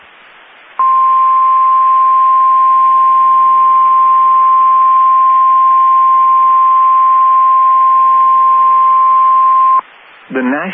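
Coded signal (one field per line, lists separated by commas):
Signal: Emergency Alert System (SAME) tones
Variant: 1050 Hz attention tone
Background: speech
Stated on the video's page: Weather radio station in Amarillo, Texas, alerting for severe storms in the Texas Panhandle.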